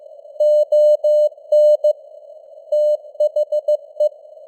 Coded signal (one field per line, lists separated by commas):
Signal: Morse code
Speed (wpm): 15 wpm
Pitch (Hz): 600 Hz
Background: none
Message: ON THE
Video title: Morse Code News | 2025-12-04 | 15wpm